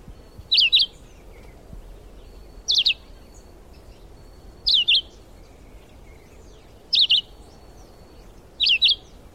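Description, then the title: Red-eyed vireo song: five short, sharply slurred high phrases repeated at a steady pace. Subspecies chivi. "LuckyPassaro Completos2Sama. Red-eyed Vireo (Vireo olivaceus chivi)"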